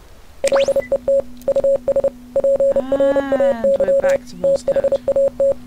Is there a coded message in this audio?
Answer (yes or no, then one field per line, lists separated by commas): yes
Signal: Morse code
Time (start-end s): 0.4-5.5 s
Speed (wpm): 30 wpm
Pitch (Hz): 550 Hz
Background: speech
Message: LET US PRAY THAT